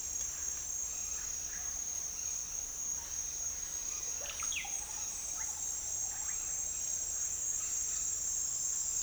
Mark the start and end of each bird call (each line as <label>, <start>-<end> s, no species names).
bird call, 4.05-6.43 s